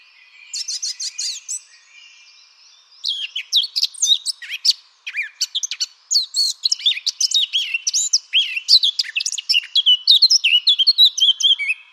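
Eurasian blackcap song opening with a brief quick trill, a short pause, then a long, fast stream of varied whistled and chirping notes.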